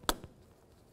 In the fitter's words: until it clicks push